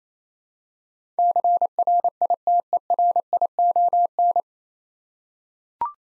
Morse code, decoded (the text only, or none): CRITERION